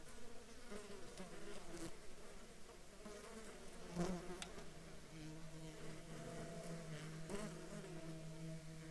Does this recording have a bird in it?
no